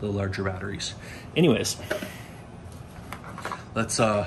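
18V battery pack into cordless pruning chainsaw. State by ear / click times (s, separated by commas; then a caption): not seated / none. Someone talks while handling a Ryobi 18V ONE+ slide-on battery pack, which is about to be pushed into the handle of an 8 inch cordless pruning chainsaw. A few short handling knocks are heard between about 3.1 and 3.5 seconds. The clip ends before the pack goes home; nothing has seated or clicked yet.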